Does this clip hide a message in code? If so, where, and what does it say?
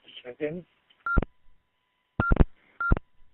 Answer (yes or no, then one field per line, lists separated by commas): no